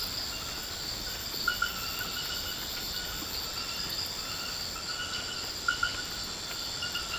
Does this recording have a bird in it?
no